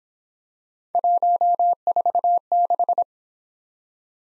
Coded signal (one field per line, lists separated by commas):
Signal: Morse code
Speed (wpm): 24 wpm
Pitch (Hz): 700 Hz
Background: none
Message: 146